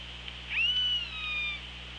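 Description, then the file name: Killer whale call: a drawn-out, whistle-like tone with harmonics that rises, holds steady, then slides slightly down over about one second, over steady underwater hiss and low hum. Recorded by the Orca Lab hydrophone on 24 August 2017 at 16:40. "Orca Lab UTLN JASON 20170824 164016"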